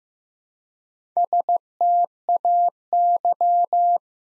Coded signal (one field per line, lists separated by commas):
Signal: Morse code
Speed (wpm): 15 wpm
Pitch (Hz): 700 Hz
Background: none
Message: STAY